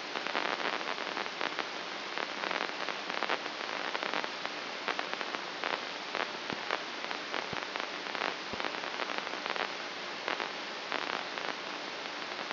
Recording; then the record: brain microelectrode recording played as sound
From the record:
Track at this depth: outside the subthalamic nucleus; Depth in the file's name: 7.628 mm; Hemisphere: left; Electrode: 2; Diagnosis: Parkinson's disease